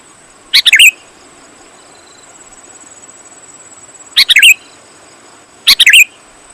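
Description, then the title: Sooty-headed bulbul with three quick bubbly phrases, the first alone, then two close together near the end, against a faint steady hum. "kutilang"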